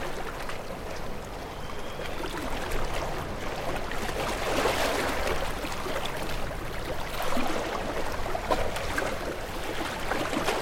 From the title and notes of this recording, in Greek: Κύματα στα βράχια.